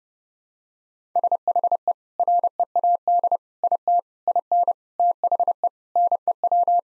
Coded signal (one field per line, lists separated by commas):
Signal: Morse code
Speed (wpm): 30 wpm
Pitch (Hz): 700 Hz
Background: none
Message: SHE READ IT IN THE NEW